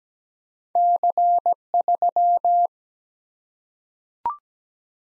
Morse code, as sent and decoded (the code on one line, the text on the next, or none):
-.-. / ...--
C 3